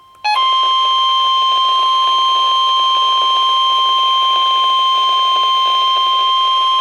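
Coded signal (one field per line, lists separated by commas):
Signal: Emergency Alert System (SAME) tones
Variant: 1050 Hz attention tone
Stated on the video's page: Tornado watch received from NOAA Weather Radio station in Madison, WI.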